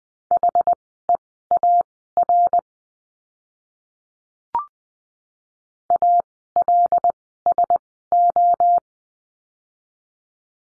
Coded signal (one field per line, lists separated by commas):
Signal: Morse code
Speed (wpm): 20 wpm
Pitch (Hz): 700 Hz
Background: none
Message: HEAR ALSO